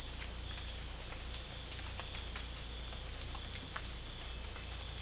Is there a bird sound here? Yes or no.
no